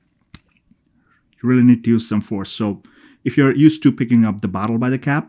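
A tight cap is pressed onto the neck of a Bentley Momentum Unbreakable fragrance bottle with force and snaps into place with a single sharp click at 0.3 s, followed by a couple of faint ticks. Someone then talks, and the cap is seated.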